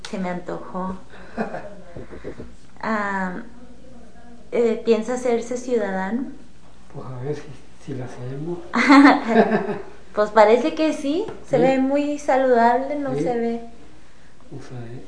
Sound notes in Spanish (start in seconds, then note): 1.3 risas; 8.8 risas